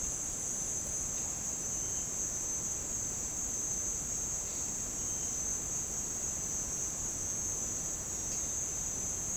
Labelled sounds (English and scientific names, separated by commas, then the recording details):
none
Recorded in dense forest near Puerto Asís, Putumayo, Colombia, on 22 June 2025 at 11:00
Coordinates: 0.499, -76.324
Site G100